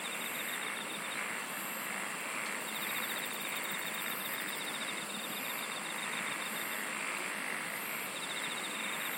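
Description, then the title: Insects singing in a dense chorus: steady high buzzing with pulsed trills near the top and a faint rapid ticking trill, over constant hiss. "SINGING OF INSECTS"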